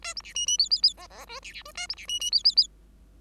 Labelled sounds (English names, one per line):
Bengalese Finch song